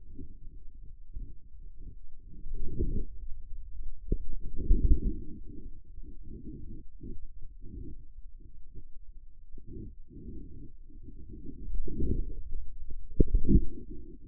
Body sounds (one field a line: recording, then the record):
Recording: forearm muscle sounds (acoustic myography)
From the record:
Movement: outward rotation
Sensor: system 2, bracelet of six BSWA MPA416 microphones around the upper forearm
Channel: 6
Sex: male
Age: 22 years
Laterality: right